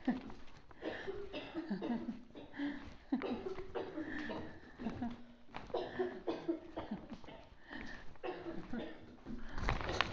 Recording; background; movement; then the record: laughter; a bystander coughing; walking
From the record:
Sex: female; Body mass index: 25.5 kg/m2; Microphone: on the chest, facing outward